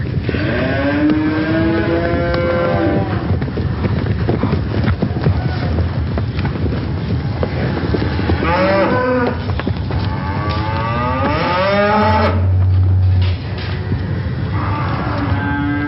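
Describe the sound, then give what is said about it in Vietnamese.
A stampeding cattle herd in daylight, raising clouds of dust as it charges: cattle bellow and moo in long, wavering calls over a constant low rumble of many pounding hooves, the whole herd loud and chaotic throughout. “Bên ngoài trời đã sáng bảnh, chỉ thấy phía đông bụi bay mù trời, tiếng vó nệm xuống đất và tiếng kêu bi thảm của lũ bò hòa trộn làm một, váng trời dậy đất đổ dồn về phía chúng tôi.”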